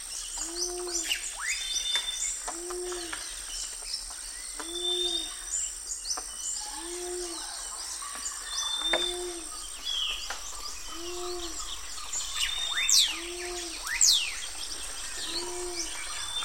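Wild bird calls over a steady hiss. A low, hooting two-part call repeats at an even pace about every two seconds, while many thin, high chirps and quick rising whistles scatter above it, with a couple of sharper bright notes near the end.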